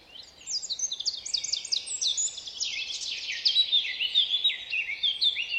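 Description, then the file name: Eurasian blackcap giving a continuous, hurried warble of varied chirps and whistled phrases. "Sylvia atricapilla"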